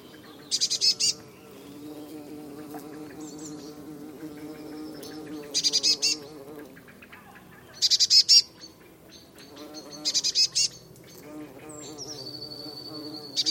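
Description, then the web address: Eurasian blue tit calls: short, buzzy bursts of high notes repeated at irregular intervals, with other birds twittering and whistling throughout. "cianscape birddata Deverinetal 2025 Bird Only Cy Ca"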